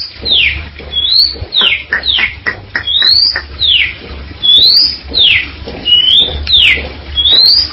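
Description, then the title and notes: Bali myna giving a series of clear whistled notes, some swooping down and some sliding up, over a low hum. "Jalak Bali 2. Kicau Burung Jalak"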